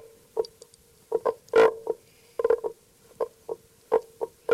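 Common frog grunts, soft low croaks in short irregular bursts with brief pauses between groups.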